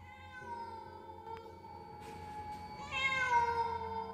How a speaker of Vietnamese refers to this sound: Đột nhiên có tiếng méo một cái vang lên, ánh đèn dầu lại lập lòe phát sáng.